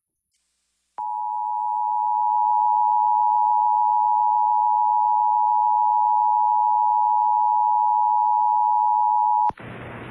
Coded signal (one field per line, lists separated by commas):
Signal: Emergency Alert System (SAME) tones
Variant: 853 and 960 Hz attention tone